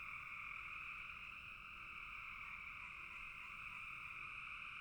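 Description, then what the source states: Frogs calling nonstop as a unified buzzing trill, steady in pitch and loudness. Frogs in a bog.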